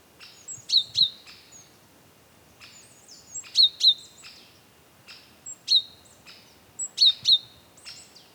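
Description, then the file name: Great tit calling in bright, high paired chips that slur downward, given in several short bursts, with a few softer notes between. "Parus major"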